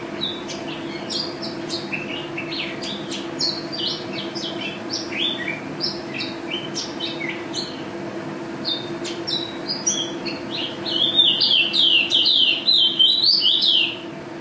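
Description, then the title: White-eye song of quick scattered chirps, building into a loud, fast warbling run of slurred notes near the end, over a steady low hum. Contest bird, national first-place champion, described as gacor and ropel (singing constantly and rapidly), with a song filled with canary notes (isian kenari); video from 2015. "Pleci Juara 1 Nasional pleci Gacor juara nasional teler gacor ropel pleci isian kenari Video 2015"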